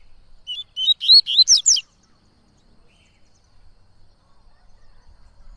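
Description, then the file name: Coleiro-baiano singing a rapid phrase of about eight bright whistled notes that climb higher before stopping abruptly, followed by quiet. Singing a lot; tui-tui song style. "Coleiro Baiano Cantando Muito Canto Tui Tui"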